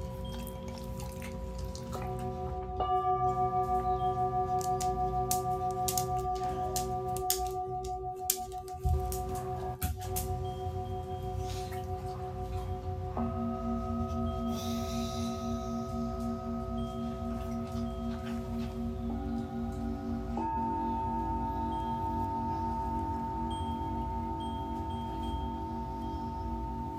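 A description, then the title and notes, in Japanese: Singing bowls ring in long, sustained tones for sound healing, each new strike layering another steady pitch over the lingering hum around 2, 13 and 20 seconds. The tones are mid-range and smooth, with a low bed underneath and brief clicks and rustles early on. 真夜中の シンギングボウルのサウンドヒーリング ライブ。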